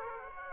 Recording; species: mosquito wingbeat signal from an infrared sensor; Aedes aegypti